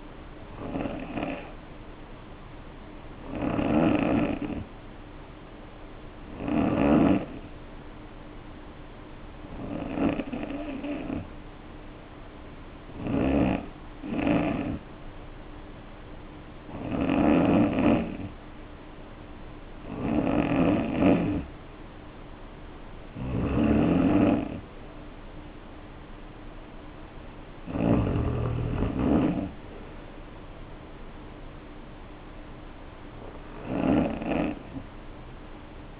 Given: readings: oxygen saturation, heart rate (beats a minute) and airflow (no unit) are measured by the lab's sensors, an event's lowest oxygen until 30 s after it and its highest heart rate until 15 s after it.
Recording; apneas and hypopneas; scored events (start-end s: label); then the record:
breathing in sleep by a voice recorder at the bedside; 1
3.00-24.30 s: hypopnea (N3, oxygen 93% highest, then 90% lowest, heart rate 60 at the start, 60 highest)
From the record:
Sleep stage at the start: N3 (deep sleep); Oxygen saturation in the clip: 90 to 93%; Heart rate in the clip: 54 to 60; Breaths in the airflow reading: 10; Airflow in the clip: -3.0 to 3.2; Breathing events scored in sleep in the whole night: 520 in 7.2 hours asleep